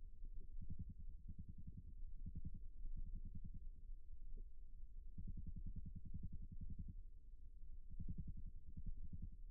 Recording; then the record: forearm muscle sounds (acoustic myography)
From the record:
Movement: rest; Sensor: system 1, eight BSWA MPA416 microphones around the upper forearm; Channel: 8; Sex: male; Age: 54 years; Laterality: right